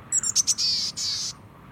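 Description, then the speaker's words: Boreal Chickadee call: a few very high thin notes followed by two longer hoarse, buzzy notes, quiet background. Stays year-round through winter in the boreal forest of spruce and firs at the edge of the Arctic. "one remarkable songbird stays behind, the boreal chickadee."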